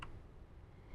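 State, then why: Not seated. The 4-pin remote, ground and bass-control harness plug is lined up with the middle 4-pin socket on an AudX plug-and-play 5-channel amplifier for a 2010–2024 Toyota 4Runner. A brief sharp tick sounds at 0.0 s, followed by low, steady handling rumble. Nothing has seated or clicked yet.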